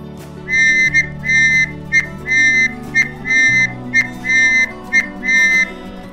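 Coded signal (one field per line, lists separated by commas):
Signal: whistle signal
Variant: Scouting whistle signals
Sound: shrill whistle repeating a long blast then a short blast, about six times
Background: low background hum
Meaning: Danger: be careful and go immediately to the safe zone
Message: long, short repeated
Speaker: be careful and immediately go to safe zone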